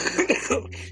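One brief, harsh cough or throat clear from an adult, then a steady low hum; an incidental, ordinary cough.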